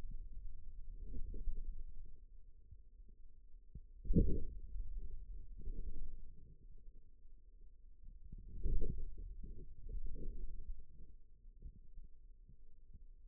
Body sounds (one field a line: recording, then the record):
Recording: forearm muscle sounds (acoustic myography)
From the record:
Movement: wrist extension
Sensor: system 2, bracelet of six BSWA MPA416 microphones around the upper forearm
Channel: 4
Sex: male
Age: 22 years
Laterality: right